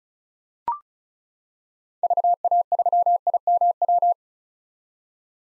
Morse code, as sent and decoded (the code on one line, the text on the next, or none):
...- .- ...-- .. -- .--
VA3IMW